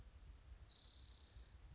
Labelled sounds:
Spotted Towhee (Pipilo maculatus)
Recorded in Sonoma County, California

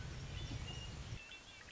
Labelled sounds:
Red-winged Blackbird (Agelaius phoeniceus)
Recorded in Sonoma County, California

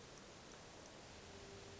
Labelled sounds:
Hermit Thrush (Catharus guttatus)
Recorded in Sonoma County, California

